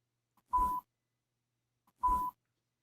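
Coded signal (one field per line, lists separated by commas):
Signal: beep code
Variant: hearing aid volume beep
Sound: two short 1 kHz beeps, each with a button click, about 1.5 seconds apart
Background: button clicks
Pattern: 2 short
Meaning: Volume increased by one step each beep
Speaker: You'll hear one beep every time the volume is increased.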